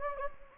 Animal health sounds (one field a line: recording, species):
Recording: mosquito wingbeat signal from an infrared sensor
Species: Anopheles gambiae